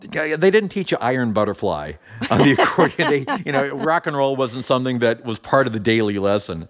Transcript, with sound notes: They didn't teach Iron Butterfly on the accordion.
(Laughter).
You know, rock 'n' roll wasn't something that was part of the daily lesson.